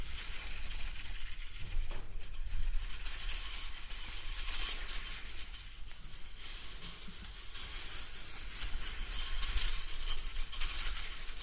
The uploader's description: found a metal toy and played with it